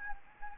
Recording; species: mosquito wingbeat signal from an infrared sensor; Anopheles gambiae